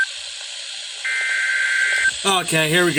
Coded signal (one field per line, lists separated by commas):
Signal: Emergency Alert System (SAME) tones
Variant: header bursts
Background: speech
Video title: Double Header Flood Warning. | EAS#546-548